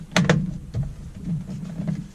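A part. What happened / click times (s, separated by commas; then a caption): The steering wheel quick-release latched onto the hub / 0.2 s, 0.3 s. An NRG aftermarket steering wheel's quick-release is pushed onto the steering hub and snaps home with two sharp clicks at 0.2 s and 0.3 s, over a steady low hum. The quick-release is seated on the hub and feels solid.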